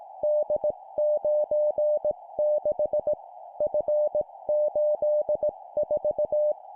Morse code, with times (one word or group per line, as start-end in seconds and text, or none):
0.2-3.1 D96
3.6-6.5 F84